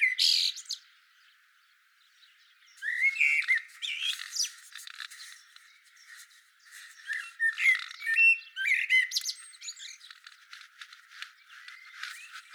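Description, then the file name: Common blackbird song: a burst of squeaky notes, then a dense run of whistled and twittering phrases that overlap, with a constant faint crackle behind them. "Turdus merula"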